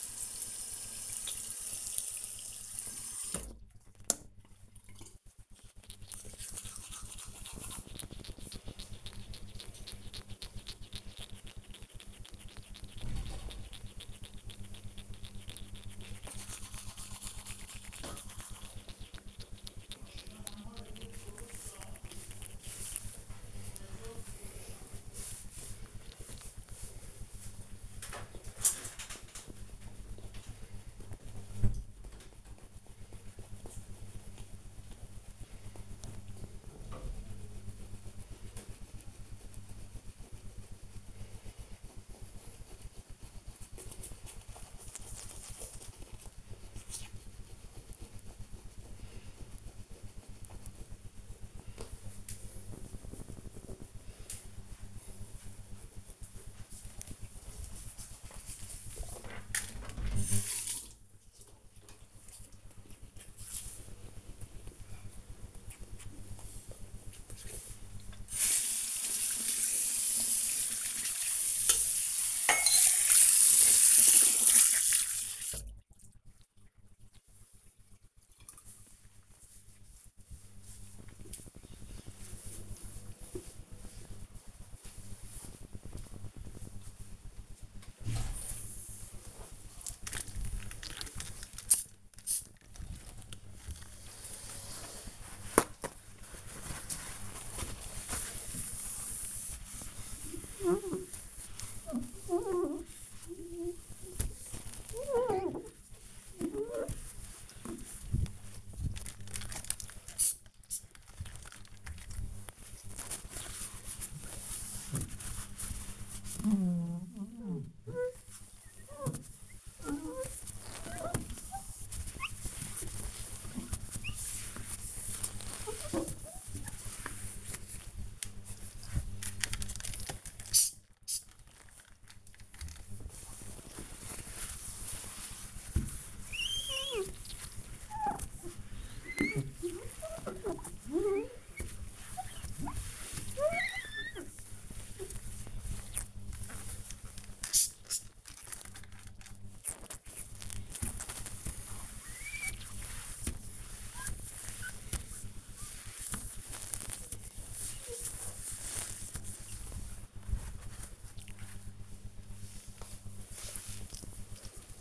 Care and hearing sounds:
household activities, microphone on the right wrist
0.00-76.17 s: brushing teeth
87.24-159.70 s: window cleaning

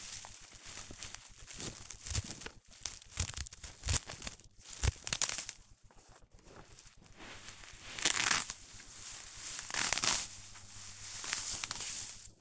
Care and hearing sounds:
household activities, microphone on the right wrist
0.00-12.41 s: cutting plants (near water)

